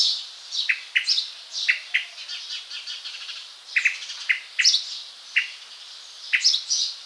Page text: Tickells Thrush Calls. Quick Sounds